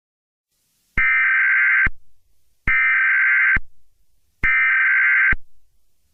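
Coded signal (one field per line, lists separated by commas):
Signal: Emergency Alert System (SAME) tones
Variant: header bursts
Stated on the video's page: Fictional EAS scenarios, simulated alerts.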